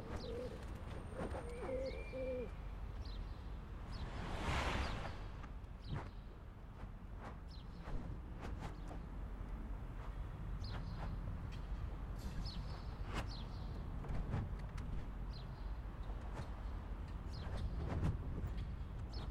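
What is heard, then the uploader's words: Street sounds with time compressed: cars rush past as fast swooshes, one big sweep near the five-second mark, while a dense rumble of traffic and sidewalk noise fills the low end throughout. Short clicks and knocks scatter across the clip, and a bird calls early on. Centers around street trees on Folsom street in San Francisco, chronicling the activities of a particular 24 hour period. The fast “swooshes” are cars driving by at 60x speed; buses and sidewalk sounds are presented at 20x and 10x speed, while other sounds play in real time.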